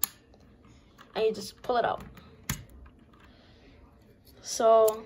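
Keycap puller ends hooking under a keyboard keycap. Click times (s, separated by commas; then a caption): 0.0 s. A wire keycap puller is pushed down around a keycap on a MotoSpeed 60% keyboard, and its ends hook under the cap with a sharp click at 0.0 s, seating it. Someone talks, and another sharp click follows at 2.5 s.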